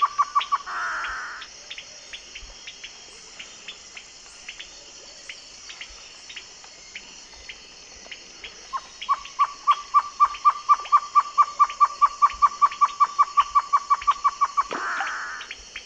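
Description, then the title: Bird giving a rapid run of short, evenly spaced mid-pitched notes, about five per second, after a long quiet stretch, with brief hissing bursts before and after and constant high hum. "LuckyPassaro Completos2Sama"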